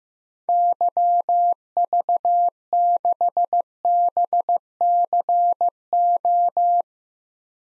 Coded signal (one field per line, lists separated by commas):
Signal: Morse code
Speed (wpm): 15 wpm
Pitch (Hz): 700 Hz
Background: none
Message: YV6BCO